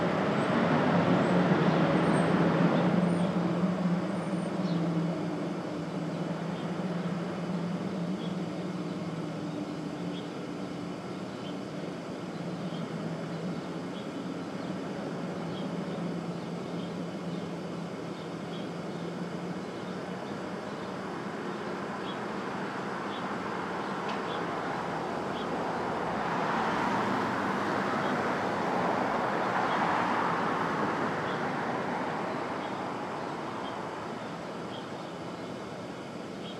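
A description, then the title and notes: Early morning in Brooklyn: a steady wash of traffic fills the whole clip, with a low engine hum loudest in the first few seconds before easing. Around 26 to 31 seconds a passing vehicle swells and fades, and faint voices and high birdlike chirps sit underneath. Brooklyn Dawn. Street Traffic, Open Air II.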